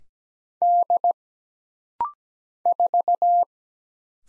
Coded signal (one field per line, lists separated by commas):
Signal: Morse code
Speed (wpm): 17 wpm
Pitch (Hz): 700 Hz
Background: none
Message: D 4